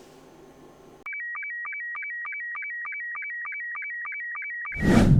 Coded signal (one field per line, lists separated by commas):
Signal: SSTV (slow-scan television)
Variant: Robot 72